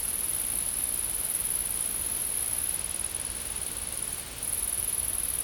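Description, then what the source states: Insects sing a constant piercing high buzz that fades slightly around four seconds before returning at full strength. Insects recorded in a field.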